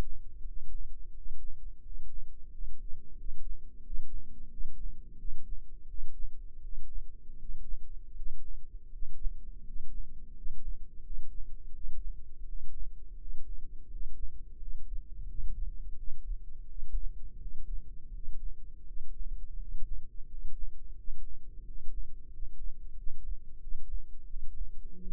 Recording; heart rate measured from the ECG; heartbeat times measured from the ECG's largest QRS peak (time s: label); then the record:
heart sounds by microphone in the left ear; 86 bpm
0.45 s: heartbeat
1.14 s: heartbeat
1.82 s: heartbeat
2.50 s: heartbeat
3.16 s: heartbeat
3.83 s: heartbeat
4.49 s: heartbeat
5.17 s: heartbeat
5.87 s: heartbeat
6.61 s: heartbeat
7.37 s: heartbeat
8.14 s: heartbeat
8.90 s: heartbeat
9.63 s: heartbeat
10.34 s: heartbeat
11.03 s: heartbeat
11.73 s: heartbeat
12.45 s: heartbeat
13.18 s: heartbeat
13.88 s: heartbeat
14.58 s: heartbeat
15.26 s: heartbeat
15.95 s: heartbeat
16.67 s: heartbeat
17.39 s: heartbeat
18.11 s: heartbeat
18.85 s: heartbeat
19.57 s: heartbeat
20.27 s: heartbeat
20.95 s: heartbeat
21.63 s: heartbeat
22.30 s: heartbeat
22.95 s: heartbeat
23.60 s: heartbeat
24.26 s: heartbeat
24.98 s: heartbeat
From the record:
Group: healthy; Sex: male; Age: 33 years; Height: 179 cm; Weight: 80.4 kg